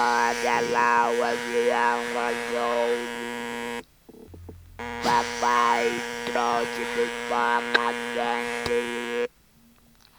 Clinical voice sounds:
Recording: speech with an electrolarynx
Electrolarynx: modified device, with random pitch perturbation and pitch set by sex and age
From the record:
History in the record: total laryngectomy

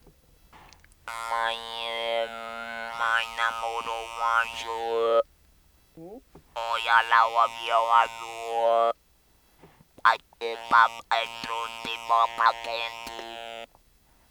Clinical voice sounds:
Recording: speech with an electrolarynx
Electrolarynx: modified device, with random pitch perturbation and pitch set by sex and age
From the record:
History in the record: total laryngectomy

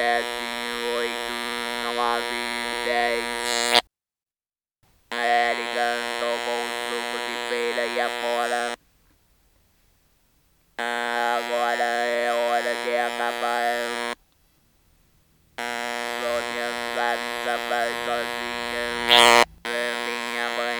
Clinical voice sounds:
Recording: speech with an electrolarynx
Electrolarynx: modified device, with random pitch perturbation and pitch set by sex and age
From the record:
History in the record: total laryngectomy

